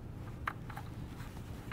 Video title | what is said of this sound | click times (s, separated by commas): 2017-2019 Ford Power Stroke EZX 12710 Installation | Again, making sure you press firmly and make sure that it snaps into place. | 0.5 s